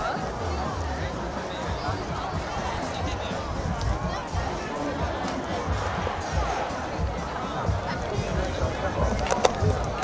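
A night walk through the Glastonbury festival grounds, with a dense, steady babble of many overlapping voices all the way through. Low thumping sounds and scattered footstep-like bumps sit underneath, and a few sharp clicks land near the end.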